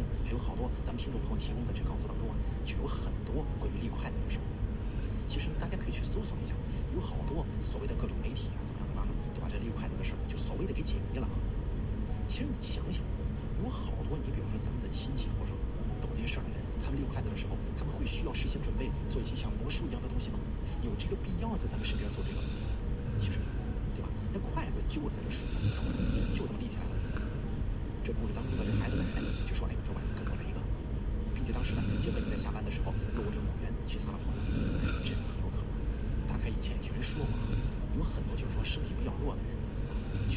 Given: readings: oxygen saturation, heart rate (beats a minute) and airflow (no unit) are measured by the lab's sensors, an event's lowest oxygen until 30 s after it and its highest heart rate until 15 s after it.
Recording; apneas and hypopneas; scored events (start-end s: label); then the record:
breathing in sleep by a smartphone at the bedside; 1
5.00-29.20 s: hypopnea (N2, oxygen 95% highest, then 92% lowest)
From the record:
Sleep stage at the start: N2 (light sleep); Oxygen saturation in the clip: 92 to 95%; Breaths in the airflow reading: 10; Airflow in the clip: -3.0 to 1.9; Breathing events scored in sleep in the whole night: 335 in 6.7 hours asleep